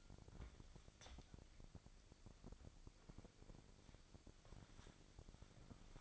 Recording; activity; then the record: daily activity, microphone in the room; wipe stove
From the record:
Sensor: 5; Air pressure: 1001.7 hPa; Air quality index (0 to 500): 175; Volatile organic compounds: 10 ppm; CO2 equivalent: 2248 ppm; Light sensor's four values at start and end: 23/77/29/30 and 22/77/29/30